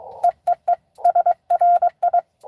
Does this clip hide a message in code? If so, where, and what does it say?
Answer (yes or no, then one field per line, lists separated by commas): yes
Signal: Morse code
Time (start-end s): 0.2-2.2 s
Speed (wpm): 22 wpm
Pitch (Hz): 690 Hz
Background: radio noise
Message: EEE SRI